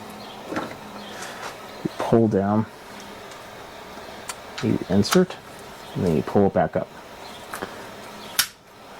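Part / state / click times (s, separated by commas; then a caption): spray nozzle into pressure washer wand quick-connect coupler / seated / 8.4 s. Someone talks while a metal spray nozzle is fitted into a pressure washer wand's quick-connect coupler: the collar is pulled down, the nozzle inserted, and the collar let back up, with a few light handling taps along the way. A sharp metallic snap at 8.4 s marks the nozzle latching and seating in the coupler.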